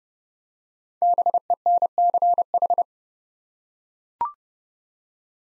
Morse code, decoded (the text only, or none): BENCH